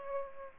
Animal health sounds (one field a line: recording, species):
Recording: mosquito wingbeat signal from an infrared sensor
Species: Aedes aegypti